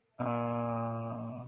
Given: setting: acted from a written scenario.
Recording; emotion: vocal sound without words; shame